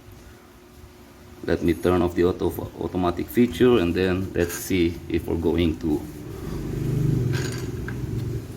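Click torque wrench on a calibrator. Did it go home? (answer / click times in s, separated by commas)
yes / 7.9 s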